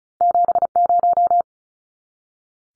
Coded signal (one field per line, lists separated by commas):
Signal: Morse code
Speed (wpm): 34 wpm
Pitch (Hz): 700 Hz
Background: none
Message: 70